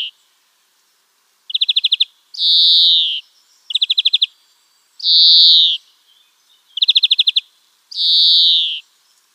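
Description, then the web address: European greenfinch song: short rapid trills alternating with long, harsh, wheezing buzzes, the pair repeated three times in a slow, steady pattern. "Schulze Peter European Greenfinch song"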